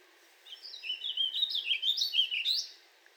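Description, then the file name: Warbling vireo gives a single hurried, burry warble of tumbling notes lasting a little over two seconds. "Warbling Vireo 2 minutes of singing"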